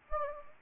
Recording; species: mosquito wingbeat signal from an infrared sensor; Anopheles gambiae